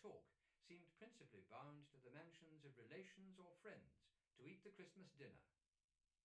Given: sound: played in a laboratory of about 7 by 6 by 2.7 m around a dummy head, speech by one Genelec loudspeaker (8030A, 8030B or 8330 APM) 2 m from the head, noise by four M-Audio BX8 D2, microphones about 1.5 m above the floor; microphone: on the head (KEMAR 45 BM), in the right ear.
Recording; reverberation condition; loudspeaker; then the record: male speech in English; low; 90 degrees to the left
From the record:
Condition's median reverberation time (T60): about 310 ms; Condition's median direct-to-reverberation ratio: about 3.5 dB